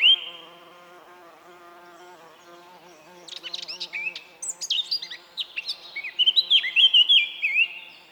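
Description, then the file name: Eurasian blackcap song: a low buzzing hum fills the opening seconds, then rapid warbling builds into loud, sweet whistled notes. "Sylvia atricapilla"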